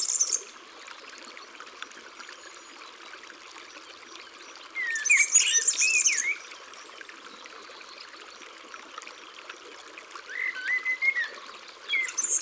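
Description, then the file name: European serin song: one loud, high, glittering trill lasting over a second, with short bursts at each end and faint whistled notes. Singing in the countryside. "Serin cini Chants doiseaux dans la campagne"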